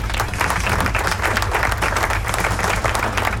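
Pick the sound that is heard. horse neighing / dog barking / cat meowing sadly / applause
applause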